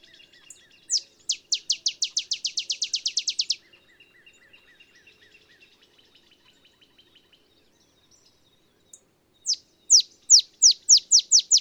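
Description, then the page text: Olive sparrow singing a bouncing chip series that accelerates into a rapid run. Faint lower notes trail off, then a new song starts near the end. Simple songs like a field sparrow's bouncing-ball song, though less mellow; early morning in Texas, 50 miles north of the Mexican border. "Olive sparrow. Recording early morning just 50 miles north of the Mexican border in Texas"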